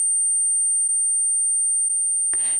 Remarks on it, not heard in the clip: I came to in ICU with an unrelenting hiss and metallic whine in my head, which is now the soundtrack of my life. I have tinnitus. That's my low-level tinnitus. That's what I wake up with in the morning when all's quiet, and that's the best it gets.